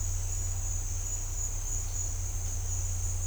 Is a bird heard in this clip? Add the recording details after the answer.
no. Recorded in dense forest near Puerto Asís, Putumayo, Colombia, on 15 December 2024 at 09:00. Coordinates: 0.503, -76.323. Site G043